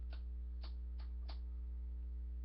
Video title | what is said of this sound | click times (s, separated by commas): After School Reviews S2 Ep. 04: Transformers Armada Unicron | when his head is all the way down it locks into place | 1.3 s